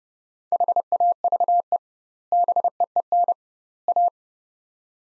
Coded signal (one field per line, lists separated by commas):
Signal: Morse code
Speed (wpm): 30 wpm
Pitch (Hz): 700 Hz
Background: none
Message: HAVE BEEN A